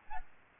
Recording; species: mosquito wingbeat signal from an infrared sensor; Aedes albopictus